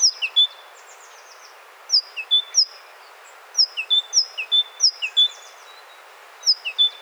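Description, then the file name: Great tit singing ringing two- and three-note phrases, a sharp high note dropping to a lower clear one, delivered in bursts with short pauses between, steady background hiss. "Parus major"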